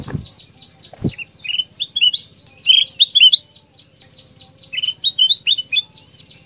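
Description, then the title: Black-crested bulbul giving quick whistled notes in lively bursts over rapid high ticking, with two dull knocks near the start. Combination song used as masteran to train songbirds. "Masteran Kutilang Emas Suara Kombinasi"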